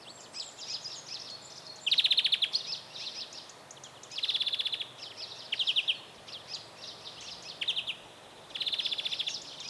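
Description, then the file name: European greenfinch repeating rattling trills and buzzy wheezes about every one to two seconds, interspersed with quieter twittering notes. "Chloris chloris"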